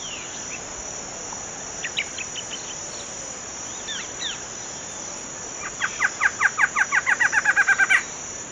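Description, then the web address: Barred antshrike song: a rapid, accelerating series of notes growing louder toward the end, after scattered soft chirps, over a steady high insect hiss. Recorded in the eastern lowlands of South America. "Natures Songs S America Eastern Lowlands. Barred Antshrike"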